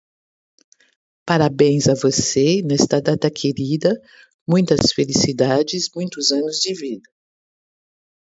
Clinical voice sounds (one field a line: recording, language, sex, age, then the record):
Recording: short text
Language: Brazilian Portuguese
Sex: female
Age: 50 to 59 years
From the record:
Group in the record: control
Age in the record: 59 years